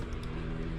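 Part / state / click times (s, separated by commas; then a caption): ignition lock cylinder into ignition switch housing / not seated / none. A replacement ignition lock cylinder for an MK3 Jetta is handled in its ignition switch housing for a pre-test before going back into the car, with the key turned and the cylinder held down. Only a steady low hum and soft handling noise are heard, with no distinct click. Nothing has seated or clicked yet.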